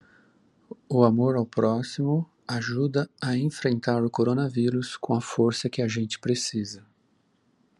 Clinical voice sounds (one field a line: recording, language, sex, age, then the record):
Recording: spoken sentence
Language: Brazilian Portuguese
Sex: male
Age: 50 to 59 years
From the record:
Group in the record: control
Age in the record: 56 years